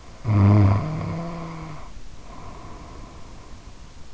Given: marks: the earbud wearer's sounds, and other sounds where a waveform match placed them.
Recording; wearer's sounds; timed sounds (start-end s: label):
sounds in sleep by an in-ear microphone; snoring breath
0.00-3.68 s: snoring breath